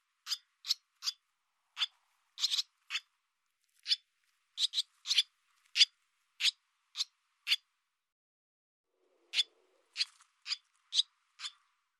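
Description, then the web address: Barn swallow giving sharp single notes in a steady series, some doubled, with a pause before the last few. "cianscape birddata Deverinetal 2025 Bird Hi Ru"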